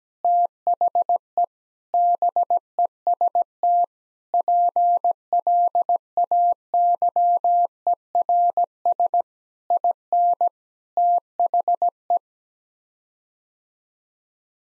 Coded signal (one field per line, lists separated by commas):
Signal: Morse code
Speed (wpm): 17 wpm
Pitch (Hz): 700 Hz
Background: none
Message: THE BEST PLAYERS IN THE